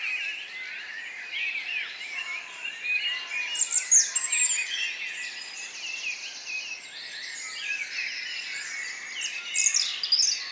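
Birds chirping in a busy chorus, many overlapping high twitters and short whistles, swelling in bursts.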